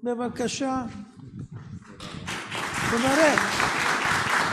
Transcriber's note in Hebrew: מחיאות כפיים